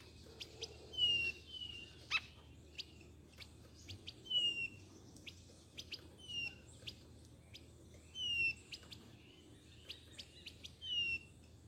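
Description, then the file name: Blue-naped chlorophonia giving a run of soft, descending whistled notes, irregularly spaced, with scattered short clicks. "canto do gaturamo bandeira"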